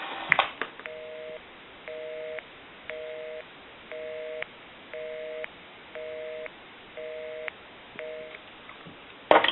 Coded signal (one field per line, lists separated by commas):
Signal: telephone call progress tone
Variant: North America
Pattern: busy tone